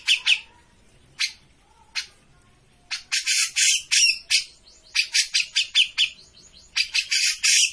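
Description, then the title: Grey-cheeked bulbul song of loud grating phrases, a few isolated scratchy notes at first, then dense bursts of harsh chatter in quick succession. Singing continuously (gacor); used as a master for bird training. "Cucak Jenggot Gacor. Masteran burung cucak jenggot ! Suaka burung"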